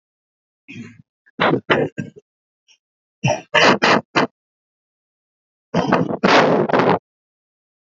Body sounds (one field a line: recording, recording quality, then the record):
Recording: shallow voluntary cough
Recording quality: moderate, slight background noise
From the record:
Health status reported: healthy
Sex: male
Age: 45 years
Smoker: yes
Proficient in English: yes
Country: India